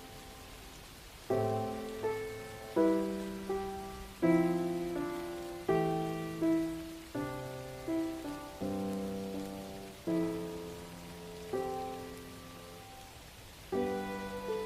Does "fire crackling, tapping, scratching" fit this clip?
no